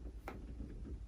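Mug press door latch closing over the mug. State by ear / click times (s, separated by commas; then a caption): seated / 0.3 s. The door latch of a Cricut Mug Press closes over a mug placed inside, giving a single sharp click at 0.3 s against a low steady hum. The latch seats shut.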